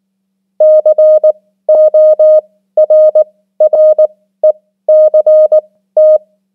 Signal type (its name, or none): Morse code